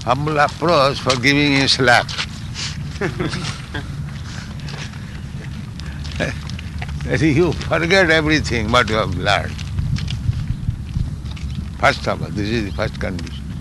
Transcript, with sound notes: Humble approach for giving a slap, [chuckles] that "You forget everything, what you have learned." First of all, this is the first condition.